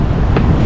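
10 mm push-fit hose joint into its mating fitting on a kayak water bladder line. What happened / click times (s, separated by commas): The push-fit hose joint snapped into place / 0.4 s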